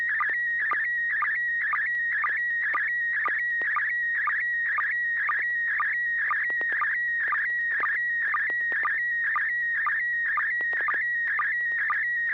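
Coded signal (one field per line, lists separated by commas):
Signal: SSTV (slow-scan television)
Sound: warbling, chirping tone with a rhythmic tick about twice a second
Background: low hum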